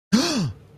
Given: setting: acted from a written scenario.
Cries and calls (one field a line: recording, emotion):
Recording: vocal sound without words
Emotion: interest